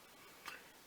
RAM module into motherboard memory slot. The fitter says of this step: then you want to press firmly until it clicks into place